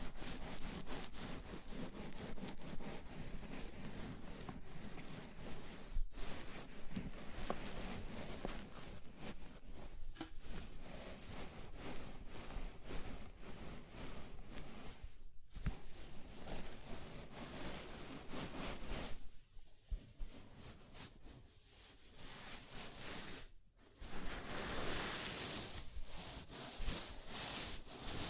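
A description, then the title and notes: Scalp massage with dense, continuous scratchy rustling of fingers through hair, briefly pausing around 6, 15, 20 and 24 seconds. ASMR Sleepy Scalp Massage (No Talking).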